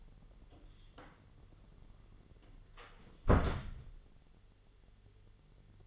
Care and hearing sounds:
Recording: daily activity, microphone in the room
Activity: close door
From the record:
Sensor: 4

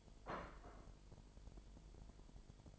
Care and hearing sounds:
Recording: daily activity, microphone in the room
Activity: place plate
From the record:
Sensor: 5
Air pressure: 1002.1 hPa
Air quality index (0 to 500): 225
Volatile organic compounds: 29 ppm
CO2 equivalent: 2931 ppm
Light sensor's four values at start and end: 10/24/10/11 and 10/24/10/11

